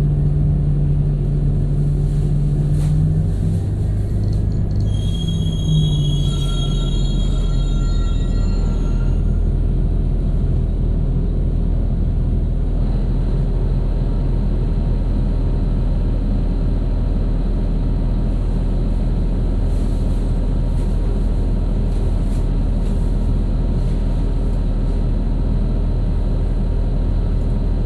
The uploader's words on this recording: B103 Bus with Bad Struts. Recorded by Dan Bodah in Brooklyn.